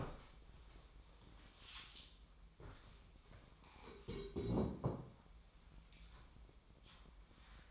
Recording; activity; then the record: daily activity, microphone in the room; stand up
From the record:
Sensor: 1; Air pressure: 1005.1 hPa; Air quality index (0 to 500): 123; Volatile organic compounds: 5 ppm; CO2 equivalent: 1728 ppm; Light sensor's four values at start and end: 11/27/11/11 and 11/26/10/11